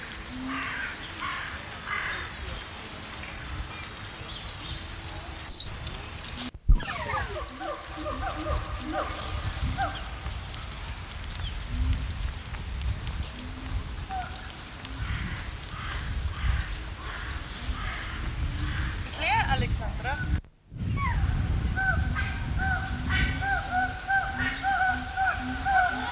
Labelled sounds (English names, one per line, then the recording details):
Siamang
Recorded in captivity
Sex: pair
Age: adult
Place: Münchner Tierpark Hellabrunn, Bayern, DE
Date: 1993-09-20 11:21
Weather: 17 °C, heiter
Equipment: Marantz CP 430, Sennheiser MKH 416 T, Kopie Uher Variocord 263
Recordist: Tembrock, Günter